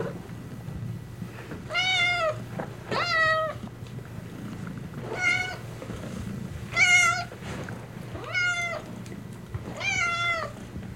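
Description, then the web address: Domestic cat meowing six times, each a rich harmonic mew with a slight rise and fall, spaced roughly one to two seconds apart over a low background hum. Contented domestic cat purring and meowing while being petted. "cat purring and meowing animal purring contented animal x purring being petted anima"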